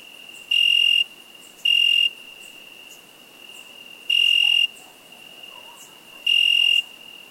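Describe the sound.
Cricket chirping four times at uneven spacing, shrill bursts over a faint continuous high trill.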